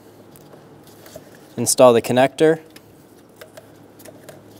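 A downstream O2 sensor connector on a 2003-2007 Honda Accord 3.0L V6 is picked up and lined up with its mating vehicle harness plug, just before being pushed home. Someone talks briefly in the middle while faint, light handling ticks are heard around it. Nothing has seated or clicked yet.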